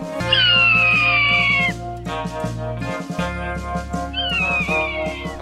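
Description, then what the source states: Swainson's hawk scream: two long, high, slightly descending cries after a pause, over a steady musical backing. Also called the grasshopper hawk or locust hawk; eats many grasshoppers, up to 100 per day.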